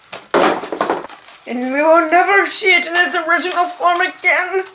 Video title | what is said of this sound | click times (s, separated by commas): NERF Zombie Strike Crossfire Bow Unboxing and Review | no it's meant to come out nope no you got to push until it clicks | 0.3 s